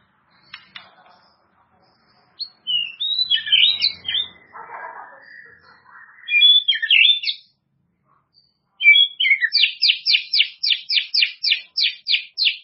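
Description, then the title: White-rumped shama song: varied whistled and warbled phrases with short gaps, ending in a fast run of about a dozen sharp, repeated high notes. "murai batu"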